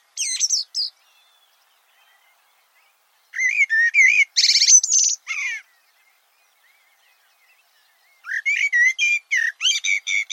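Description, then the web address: Bird song in three bursts of rapid, varied, warbling and twittering notes, separated by quiet pauses. "Deverinetal 2025. Bird Only"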